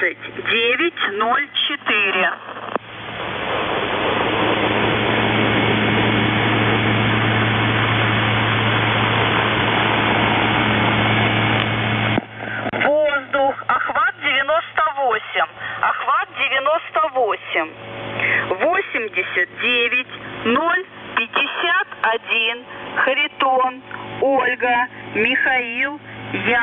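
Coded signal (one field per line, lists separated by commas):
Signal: coded military voice message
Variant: Russian, The Goose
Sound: radio hiss, then a Russian voice reading callsign, numbers, phonetic letters, ending 'priyom'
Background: radio static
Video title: The Goose | 02nd September 2023 | Voice Messages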